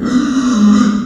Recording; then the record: squeal of a Yucatan mini pig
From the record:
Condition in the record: after surgery on the right vocal fold (resection and tissue-engineered implant); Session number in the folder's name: 9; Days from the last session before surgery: 65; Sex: female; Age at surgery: 19 weeks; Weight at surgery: 25 kg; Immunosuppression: prednisolone